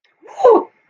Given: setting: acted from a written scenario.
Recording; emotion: vocal sound without words; triumph